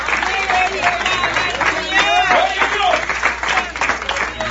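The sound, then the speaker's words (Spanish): Steady hand clapping in a church audience fills the whole stretch, a dense patter of claps blended with crowd noise and some voices murmuring underneath, loud and continuous without clear breaks. “Yo voy a aplaudir por algunos de ustedes que no pueden.”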